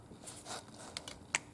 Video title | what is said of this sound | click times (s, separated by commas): EuroMini Zizzo VIA 20” Folding Bike Unboxing Folding Un-folding and First Ride REVIEW | Snaps in place, | 1.3 s